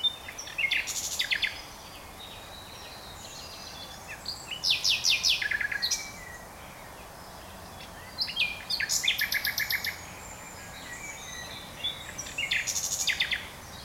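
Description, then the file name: Common nightingale song: rich phrases of rapid clicking trills and sharp high notes, each burst lasting one to two seconds, separated by pauses of two to three seconds, over steady background hiss. "Luscinia megarhynchos"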